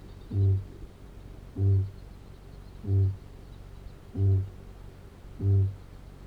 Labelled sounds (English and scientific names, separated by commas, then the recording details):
Kākāpō (Strigops habroptilus) boom
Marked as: faintness 2/5
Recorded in New Zealand
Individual Arab